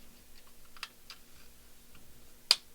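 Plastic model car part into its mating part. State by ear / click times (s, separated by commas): seated / 2.5 s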